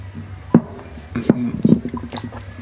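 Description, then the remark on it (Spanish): Someone takes a few sips of water, with soft wet gulps and swallows, a couple of sharp clicks from a glass or bottle, and a low steady hum underneath. “Me estoy aventando unos traguitos de agua. Para refrescar la garganta, ¿no?”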